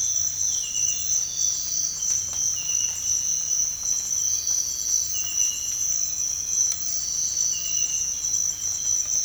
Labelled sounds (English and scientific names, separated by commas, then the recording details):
none
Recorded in dense forest near Puerto Asís, Putumayo, Colombia, on 22 December 2024 at 05:30
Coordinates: 0.468, -76.322
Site G071